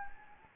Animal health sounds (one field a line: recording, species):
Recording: mosquito wingbeat signal from an infrared sensor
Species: Anopheles gambiae